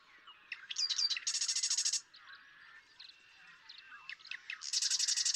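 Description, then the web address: Marsh Wren song: sputtering introductory notes lead into a rapid buzzy rattle, then more scattered notes and another rattling trill. "birdsongforthecurious Marsh Wren"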